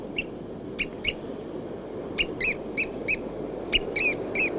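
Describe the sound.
Chatham Island oystercatcher uttering bright, arched piping notes, spaced at first then in a quicker run, over a low continuous rushing background.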